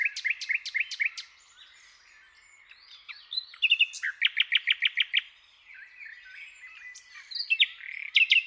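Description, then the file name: Common nightingale song with rhythmic repeated notes, a quiet gap, then a loud run of pulsed notes and scattered varied phrases. "Luscinia megarhynchos"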